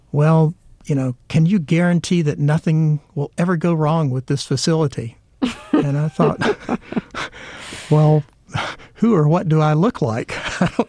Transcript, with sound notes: well, you know, can you guarantee that nothing will ever go wrong with this facility?
(Laughter).
And I thought, well, who or what do I look like?